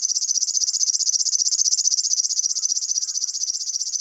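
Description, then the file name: River warbler delivering its rapid, rhythmic buzz of high pulses, with a few faint notes slipping in underneath near the end. "Flodsangare"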